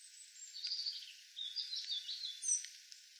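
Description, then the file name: European robin song, thin high warbling phrases that waver and tumble, quiet, with soft hiss throughout. "Erithacus rubecula"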